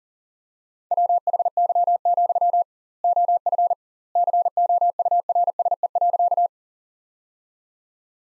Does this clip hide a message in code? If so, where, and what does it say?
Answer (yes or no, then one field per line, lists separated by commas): yes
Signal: Morse code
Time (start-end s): 0.9-6.5 s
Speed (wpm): 40 wpm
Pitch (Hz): 700 Hz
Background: none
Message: WHY, OF COURSE.